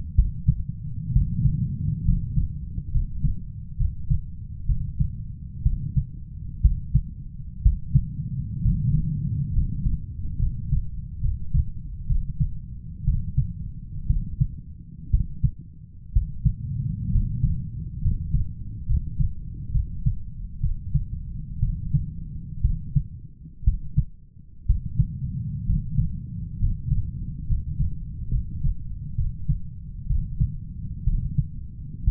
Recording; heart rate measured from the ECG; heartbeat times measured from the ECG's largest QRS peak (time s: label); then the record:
heart sounds by stethoscope; 64 bpm
0.15 s: heartbeat
1.12 s: heartbeat
2.04 s: heartbeat
2.91 s: heartbeat
3.76 s: heartbeat
4.66 s: heartbeat
5.62 s: heartbeat
6.61 s: heartbeat
7.62 s: heartbeat
8.61 s: heartbeat
9.52 s: heartbeat
10.38 s: heartbeat
11.20 s: heartbeat
12.06 s: heartbeat
13.04 s: heartbeat
14.06 s: heartbeat
15.10 s: heartbeat
16.12 s: heartbeat
17.11 s: heartbeat
18.01 s: heartbeat
18.85 s: heartbeat
19.71 s: heartbeat
20.60 s: heartbeat
21.59 s: heartbeat
22.61 s: heartbeat
23.64 s: heartbeat
24.66 s: heartbeat
25.65 s: heartbeat
26.58 s: heartbeat
27.46 s: heartbeat
28.30 s: heartbeat
29.14 s: heartbeat
30.06 s: heartbeat
31.04 s: heartbeat
32.04 s: heartbeat
From the record:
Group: healthy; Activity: rest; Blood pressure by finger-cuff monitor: 123/71 mmHg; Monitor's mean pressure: 87 mmHg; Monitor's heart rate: 61 bpm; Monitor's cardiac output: 7.3 L/min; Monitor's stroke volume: 116 mL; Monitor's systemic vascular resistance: 870 dyn s/cm5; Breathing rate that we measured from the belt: 7 breaths a minute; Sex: male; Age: 23 years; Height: 178 cm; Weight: 96.6 kg